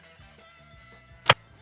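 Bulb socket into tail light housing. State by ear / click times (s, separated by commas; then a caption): seated / 1.3 s. A plastic bulb socket is pushed fully into the tail light housing of a 2012-2017 Toyota Camry and turned clockwise to lock it. Faint low handling sounds lead up to a single sharp click at 1.3 s. The socket is seated completely and does not come out.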